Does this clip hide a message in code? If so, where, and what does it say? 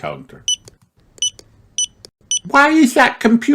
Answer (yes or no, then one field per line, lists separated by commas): no